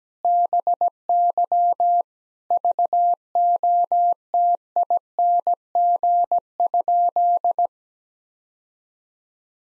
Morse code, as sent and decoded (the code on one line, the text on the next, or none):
-... -.-- / ...- --- - .. -. --. ..--..
BY VOTING?